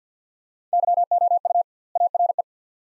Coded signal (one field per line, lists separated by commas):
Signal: Morse code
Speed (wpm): 49 wpm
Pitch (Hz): 700 Hz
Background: none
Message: YOU ARE